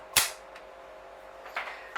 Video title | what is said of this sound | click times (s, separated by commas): MILKSHAKE MAKER REVIEW - Aussie girl can cook | okay push the button again gently push it down until it clicks in | 0.2 s